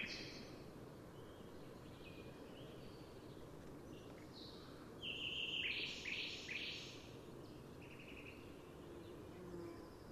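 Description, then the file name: Eurasian wren calls: a brief cluster of sharp, high, buzzy notes partway through, set against constant background noise. "Troglodytes troglodytes"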